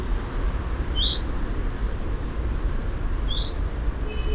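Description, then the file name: Common chaffinch call notes, two short bright upward-sweeping chips a couple of seconds apart, against heavy low rumbling noise. "Fringilla coelebs"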